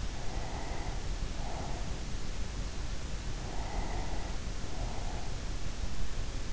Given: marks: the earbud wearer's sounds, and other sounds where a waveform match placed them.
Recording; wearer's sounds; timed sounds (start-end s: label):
sounds in sleep by an in-ear microphone; breath
0.13-2.22 s: breath
3.28-5.51 s: breath